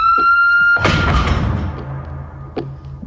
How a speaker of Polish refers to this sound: Wybuch. Po chwili wyłączył ktoś megafon.